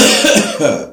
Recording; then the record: coughing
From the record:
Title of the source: Spring Cold Coughing.